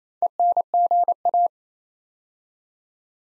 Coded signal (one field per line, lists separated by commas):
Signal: Morse code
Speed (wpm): 27 wpm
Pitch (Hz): 700 Hz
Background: none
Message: ENGA